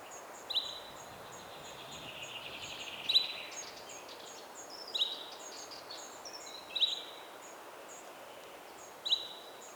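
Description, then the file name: Common chaffinch calling five times at uneven intervals, each a short, sharp, high note, with faint twittering from other birds and a steady hiss throughout. "Fringilla coelebs"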